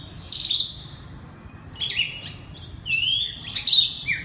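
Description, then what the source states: Oriental magpie-robin song in a few brief bursts of clear whistles and scratchy notes, separated by short gaps. Loud song in the style called 'ngeplong' in Indonesian.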